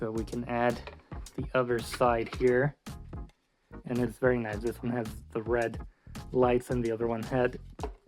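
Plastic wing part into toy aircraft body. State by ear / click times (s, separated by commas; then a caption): not seated / none. A plastic wing piece, the other side wing, is handled against the body of a plastic toy aircraft while someone talks, with a few faint taps and rustles under the speech. The clip ends before the part goes home, and nothing has seated or clicked yet.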